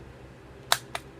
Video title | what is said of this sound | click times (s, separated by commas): Review of Mastermind Creations Probus (Brawl) | It'll lock into place, and there | 0.7 s, 1.0 s